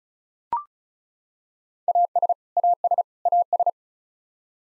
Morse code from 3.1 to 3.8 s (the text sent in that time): AS